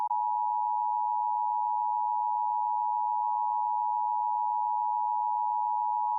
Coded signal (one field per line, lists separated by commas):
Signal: Emergency Alert System (SAME) tones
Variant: 853 and 960 Hz attention tone